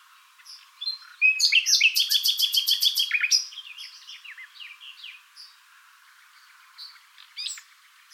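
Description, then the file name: Common nightingale song: a fast burst of loud, evenly repeated notes lasting about two seconds, framed by softer whistles and chirps. "Luscinia megarhynchos"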